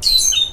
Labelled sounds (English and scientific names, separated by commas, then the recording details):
Stitchbird (Notiomystis cincta) song
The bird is a male
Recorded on Tiritiri Matangi Island, New Zealand, in 2005
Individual 3, of nest box 3